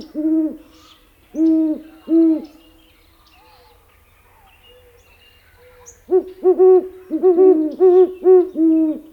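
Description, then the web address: Great horned owl hooting: three deep, even hoots, a pause, then a quicker run of several hoots on a steady, slightly higher pitch. Hoot given all on one pitch; the female's hoot is slightly higher than the male's. "Songs of Birds of North America Know Your Bird Sounds Common Western Species. Great Horned Owl"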